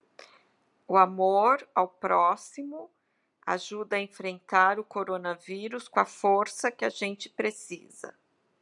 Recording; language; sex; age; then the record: spoken sentence; Brazilian Portuguese; female; 50 to 59 years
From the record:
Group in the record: control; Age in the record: 57 years